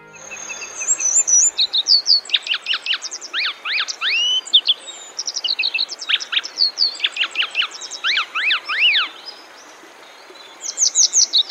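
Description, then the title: Grey wagtail calling: sharp, high chipping notes with steep up-and-down sweeps, given in quick clusters with brief pauses, over a soft hiss. Recorded on the Boso Peninsula, Chiba Prefecture, Japan. "房総半島（千葉県）のキセキレイ"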